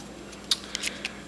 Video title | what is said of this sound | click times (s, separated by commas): ZTE Warp for Boost Mobile Review | And that just snaps back into place | 0.5 s, 0.8 s, 0.9 s, 1.0 s